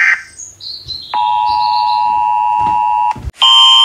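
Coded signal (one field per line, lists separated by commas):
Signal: Emergency Alert System (SAME) tones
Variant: 853 and 960 Hz attention tone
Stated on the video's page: EAS alarms hand recorded; background noise possible.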